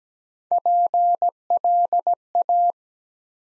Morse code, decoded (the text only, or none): PLA